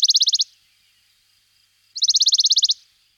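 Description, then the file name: Western Bonelli's warbler song: two dry, rapid trills of evenly spaced notes on one pitch, the first short and the second longer, separated by a pause of about one and a half seconds. "Budnicek horsky Phylloscopus bonelli"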